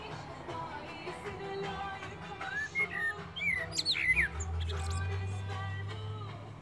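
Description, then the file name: Common blackbird delivering a short warbled phrase with a few high squeaks, partly masked by steady low humming and broad background noise. "Turdus merula"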